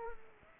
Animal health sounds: mosquito wingbeat signal from an infrared sensor; Aedes aegypti

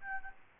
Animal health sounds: mosquito wingbeat signal from an infrared sensor; Aedes albopictus

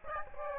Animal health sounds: mosquito wingbeat signal from an infrared sensor; Aedes aegypti

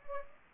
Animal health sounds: mosquito wingbeat signal from an infrared sensor; Anopheles gambiae

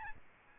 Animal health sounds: mosquito wingbeat signal from an infrared sensor; Aedes albopictus

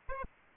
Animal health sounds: mosquito wingbeat signal from an infrared sensor; Aedes albopictus

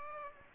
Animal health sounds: mosquito wingbeat signal from an infrared sensor; Aedes aegypti

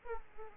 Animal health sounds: mosquito wingbeat signal from an infrared sensor; Aedes aegypti

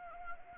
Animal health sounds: mosquito wingbeat signal from an infrared sensor; Anopheles arabiensis

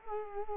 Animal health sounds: mosquito wingbeat signal from an infrared sensor; Culex quinquefasciatus

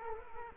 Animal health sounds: mosquito wingbeat signal from an infrared sensor; Culex quinquefasciatus

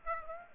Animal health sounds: mosquito wingbeat signal from an infrared sensor; Aedes aegypti

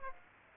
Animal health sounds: mosquito wingbeat signal from an infrared sensor; Aedes aegypti

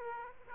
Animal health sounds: mosquito wingbeat signal from an infrared sensor; Aedes aegypti

